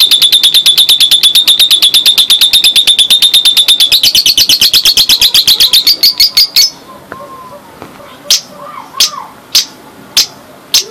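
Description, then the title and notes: Bird song as a long rapid series of sharp high notes that rise slightly in pitch, then break off into spaced single chips. "Bird Sound. Kicau Burung Lengkap"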